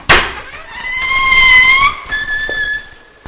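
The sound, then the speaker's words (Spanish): A sharp bang, then a house door's long, high creaking squeal that wavers and shifts pitch as a person enters the house in total darkness, with a faint thump partway through; no footsteps stand out clearly. “Sus pasos. Puerta.”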